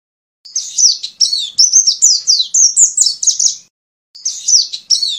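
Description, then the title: White-eye song: a quick burst of high, jumbled twittering notes, a short pause, then the warbling resumes. "Pleci"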